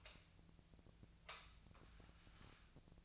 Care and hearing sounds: daily activity, microphone in the room; light on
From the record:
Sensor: 2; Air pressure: 1009.7 hPa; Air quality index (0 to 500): 181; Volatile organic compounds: 10 ppm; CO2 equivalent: 2256 ppm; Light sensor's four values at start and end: 28/67/29/32 and 33/86/36/38

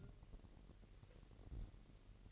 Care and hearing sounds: daily activity, microphone in the room; take from stove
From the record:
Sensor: 4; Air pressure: 1012.8 hPa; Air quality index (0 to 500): 241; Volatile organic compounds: 4 ppm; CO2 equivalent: 1602 ppm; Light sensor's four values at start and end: 25/59/24/24 and 24/58/23/23

